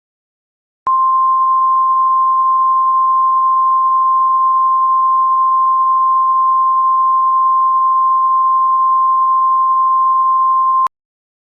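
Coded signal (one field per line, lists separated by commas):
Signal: Emergency Alert System (SAME) tones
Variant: 1050 Hz attention tone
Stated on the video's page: Mock EAS alert, simulated test.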